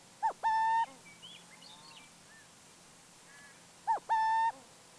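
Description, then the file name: Burrowing owl repeating a two-note hoot twice, a quick lead-in note and a held mellow tone, with a few soft calls in the gap. "Burrowing Owl Athene cunicularia"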